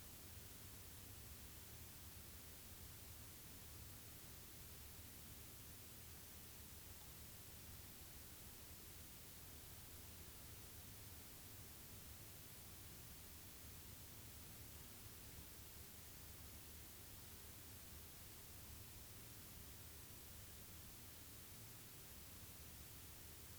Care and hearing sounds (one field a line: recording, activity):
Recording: daily activity, guitar pickup as the sensor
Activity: sit